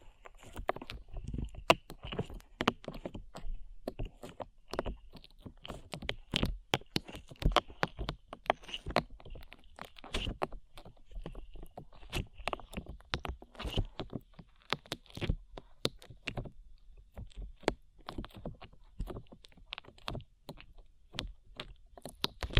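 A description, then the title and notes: Close, sticky slime squelches and pops in a dense, irregular stream of sharp clicks and smacks, continuing steadily without pause throughout. ASMR SLIME IN YOUR EARS 3Dio Sticky Sounds (No Talking).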